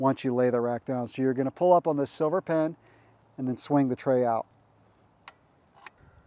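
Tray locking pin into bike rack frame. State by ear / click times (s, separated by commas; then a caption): seated / 5.3 s. Someone talks while a silver spring pin is pulled up and a bike tray on a Saris MTR 2-Bike Modular Platform Rack is swung out, with the rack laid down. The tray locking pin snaps into its locked position on the metal rack frame with a sharp click at 5.3 s, and a fainter tick follows near 5.9 s.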